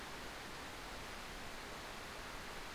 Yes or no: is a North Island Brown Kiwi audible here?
yes